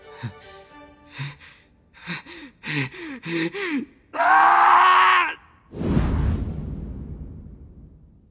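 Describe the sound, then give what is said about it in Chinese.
A man gasps and groans in a string of short, strained breaths, then lets out one long, loud, rasping gasp that trails off into a rough, fading exhale, as he suddenly wakes, gasping for breath and drenched in sweat. “黑夜尽退，光明重现，他突然睁开眼睛，大口喘息，汗流浃背。”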